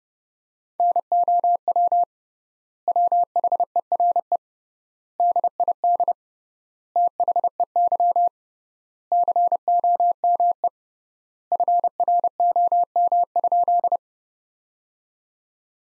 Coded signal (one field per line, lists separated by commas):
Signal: Morse code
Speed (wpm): 30 wpm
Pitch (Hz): 700 Hz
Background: none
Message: NOW WHERE DID THEY COME FROM?